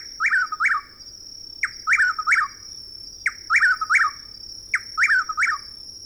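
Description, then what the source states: Chuck-will's-widow giving loud whistled calls in quick multi-note phrases that rise and dip, delivered in clusters with short pauses, over a faint steady high tone. Loud calls given on a May evening in a southeastern woodland; a nightjar, vocal after dark.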